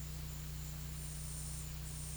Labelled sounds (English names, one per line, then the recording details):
none
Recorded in pastures near Puerto Asís, Putumayo, Colombia, on 19 March 2025 at 12:00
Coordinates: 0.505, -76.324
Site GP08